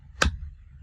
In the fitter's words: there, snaps right into place, okay?